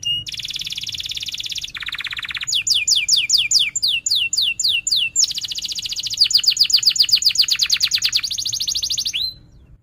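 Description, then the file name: Canary song: a sustained high trill and a lower one, then a series of sweeping whistled notes repeated many times, ending in a long, rapid rolling trill. Canary singing vigorously (gacor), with 'cuit-cuit' chirps and sharp rolling trills (ngerol). "Suara Kenari Gacor Cuit Cuit Ngerol Tajam"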